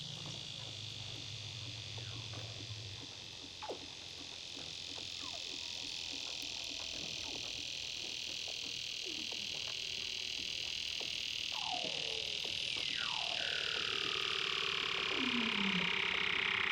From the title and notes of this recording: Douglas Quin - Weddell Seals (Underwater).